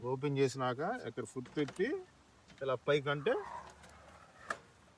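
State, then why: Seated. Someone talks while opening a folding camping cart, putting a foot on it and lifting the frame up. At 4.5 s the frame lock snaps shut with a sharp click, locking automatically.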